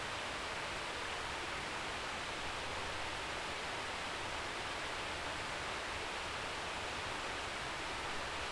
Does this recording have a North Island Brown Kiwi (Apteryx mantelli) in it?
no